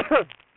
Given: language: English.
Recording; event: throat vibration sensor signal played as sound; cough